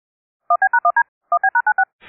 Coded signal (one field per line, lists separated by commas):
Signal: DTMF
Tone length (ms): 90 ms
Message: 1B#1D1B#96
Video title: All the rare EAS alerts i got